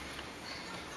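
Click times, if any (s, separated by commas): none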